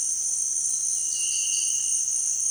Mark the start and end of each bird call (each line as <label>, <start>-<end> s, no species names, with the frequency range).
bird call (2.2-5.2 kHz), 0.98-2.18 s